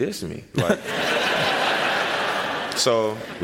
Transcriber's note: laughter